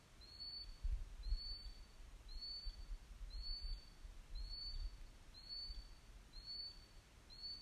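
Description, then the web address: Bird calls: a short, thin, high whistle repeated steadily over a constant low rumble. Submitted with a question, 2020. "sporsmal 2020 nytt opptak fugl"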